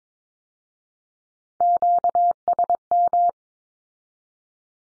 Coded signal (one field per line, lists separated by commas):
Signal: Morse code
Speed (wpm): 22 wpm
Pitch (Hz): 700 Hz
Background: none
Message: QSM